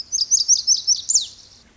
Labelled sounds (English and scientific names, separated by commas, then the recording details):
Lazuli Bunting (Passerina amoena)
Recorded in Sonoma County, California